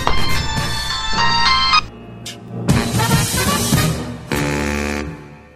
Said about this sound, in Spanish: Ah, espera. Ah, celular. Ah, suena.